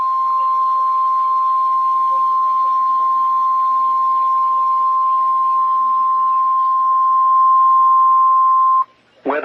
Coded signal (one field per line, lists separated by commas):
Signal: Emergency Alert System (SAME) tones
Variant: 1050 Hz attention tone